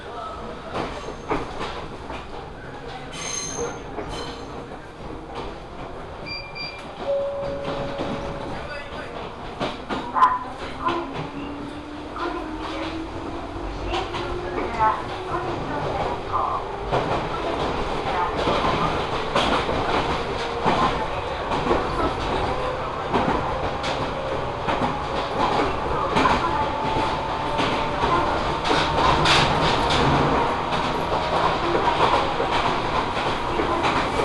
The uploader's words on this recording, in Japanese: 近江鉄道 高宮→彦根→八日市。高宮での待ち時間が長いこともあって一旦彦根まで戻り、再び本線に戻って八日市へと向かいます。